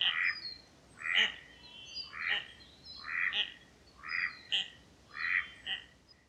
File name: Klykuolė - Common Goldeneye - Bucephala clangula